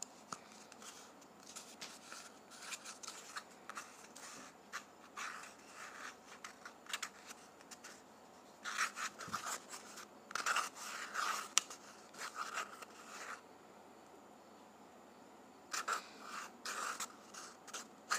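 Toilet paper being handled: dry, crisp rustling and scraping in short bursts, with quiet pauses between. The handling grows busier and louder around the middle, with a few sharp tearing crackles, then returns in a brief flurry near the end.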